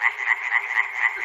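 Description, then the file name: Frog croaks in a quick, regular pulsed series, each note short and rasping, about four every second. Frogs recorded at Chernobyl. "peter cusack-chernobyl frogs"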